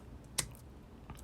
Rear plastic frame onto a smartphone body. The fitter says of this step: i like to just face the phone down and then push down on it and it kind of just snaps into place